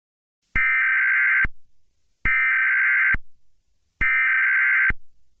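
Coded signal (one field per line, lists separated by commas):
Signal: Emergency Alert System (SAME) tones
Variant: header bursts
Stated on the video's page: A fictional EAS scenario depicting a reality-threatening god arriving on earth.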